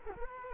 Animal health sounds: mosquito wingbeat signal from an infrared sensor; Culex quinquefasciatus

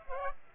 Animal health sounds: mosquito wingbeat signal from an infrared sensor; Aedes aegypti

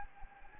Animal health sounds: mosquito wingbeat signal from an infrared sensor; Anopheles gambiae

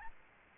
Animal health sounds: mosquito wingbeat signal from an infrared sensor; Aedes albopictus

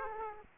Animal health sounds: mosquito wingbeat signal from an infrared sensor; Aedes aegypti

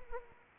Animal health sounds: mosquito wingbeat signal from an infrared sensor; Anopheles arabiensis

